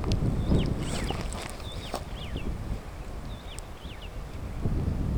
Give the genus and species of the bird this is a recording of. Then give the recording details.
Lamprotornis superbus. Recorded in Kenya on 18 July 2010. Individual 119, of group WDB